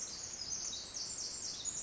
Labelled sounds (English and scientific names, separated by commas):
Pacific Wren (Troglodytes pacificus)